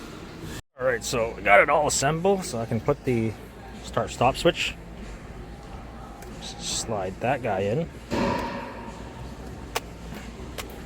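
Someone talks while handling a plastic start-stop push switch at its opening in a reassembled interior dash trim panel that holds the new climate control unit, with soft handling noises and a few short taps near the end. The switch has not clicked or seated into the panel yet.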